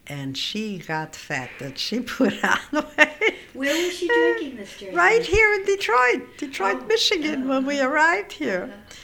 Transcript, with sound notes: And she got fat. She put on weight. ( she laughs )
Where was she drinking this drink?
Right here in Detroit, Detroit, Michigan, when we arrived here.